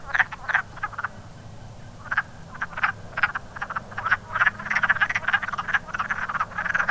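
Wood frogs giving short, clucking, duck-like croaks, scattered at first, then a dense overlapping chorus, with a faint steady hum beneath.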